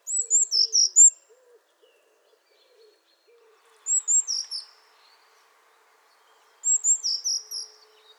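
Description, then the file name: Eurasian blue tit repeating a short phrase three times: high thin notes dropping into a few lower notes. Soft low notes from another bird in the pauses. "Cyanistes caeruleus"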